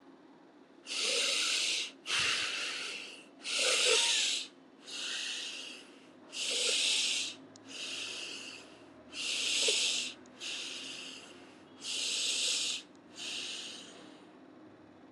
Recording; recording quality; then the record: deep breathing; excellent, no background noise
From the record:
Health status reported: COVID-19 positive, mild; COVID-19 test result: positive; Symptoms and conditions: muscle pain, loss of smell and taste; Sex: male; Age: 34 years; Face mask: not worn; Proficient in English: yes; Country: India